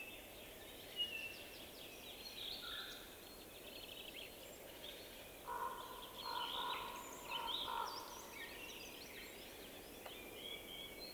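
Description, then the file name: Raven giving a few rough croaking calls in the middle, amid high chirping from other birds. Raven calls with a bird passing by. "Digiffects Sound Effects Library - Raven Calls with Bird Passing"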